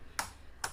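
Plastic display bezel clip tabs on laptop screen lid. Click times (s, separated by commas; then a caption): 0.2 s, 0.6 s. The plastic display bezel on a Dell Latitude E6540/E7240 laptop screen lid is lifted along its top edge, freeing its clip tabs. Two sharp, quick snaps ring out at 0.2 s and 0.6 s as two tabs pop free, one after another, over a faint low background hum. Both tabs are released from the lid.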